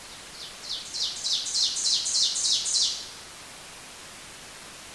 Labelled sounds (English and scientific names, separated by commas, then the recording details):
Ovenbird (Seiurus aurocapilla) song
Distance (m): 5 m
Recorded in boreal forest in Alberta, Canada, on 29 June 2016 at 07:23
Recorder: SongMeter 3, array SBT-6-79
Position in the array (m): 274 m, 36 m
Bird 39